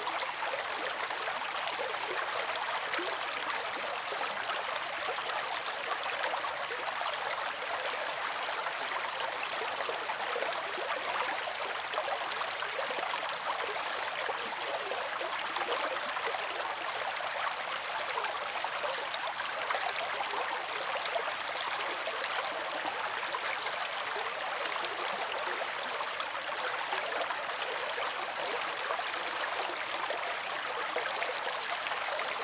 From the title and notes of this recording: Crisp Babbling Brook.